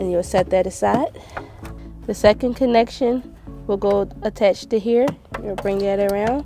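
Someone talks while handling the second plastic trailer wiring harness connector on a 2016 Toyota Highlander, bringing it around to slide onto the vehicle's tail-light wiring connector. Only speech and a faint steady background hum are heard, with no sharp handling sounds. Nothing has seated or clicked yet.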